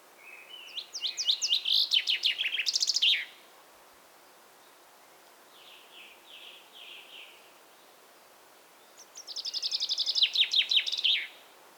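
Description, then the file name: Common chaffinch song: two bright trilled songs, each ending in a quick flourish, with softer notes in the gap between them. "Fringilla coelebs"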